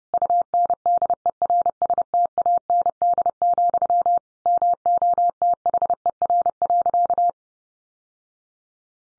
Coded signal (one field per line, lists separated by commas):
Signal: Morse code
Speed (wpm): 30 wpm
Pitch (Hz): 700 Hz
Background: none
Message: UNDERSTAND, MOTHER.